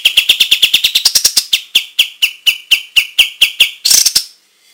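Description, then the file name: White-shouldered triller calling in a fast run of sharp, bright notes that slow gradually before a final buzzy burst. "suara-kapas-tembak-versi 1"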